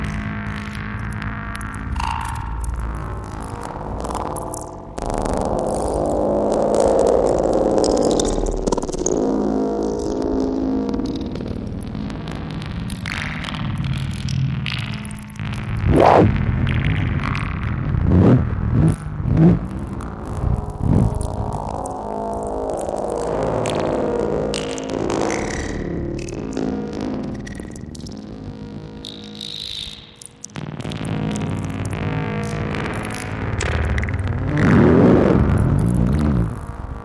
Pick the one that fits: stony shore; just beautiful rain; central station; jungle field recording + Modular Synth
jungle field recording + Modular Synth